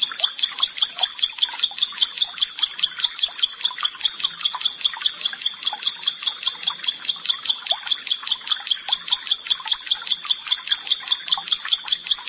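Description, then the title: Prinia song, a long even stream of high, bubbling double notes repeated about two or three times a second without pause. "Ciblek Sawah"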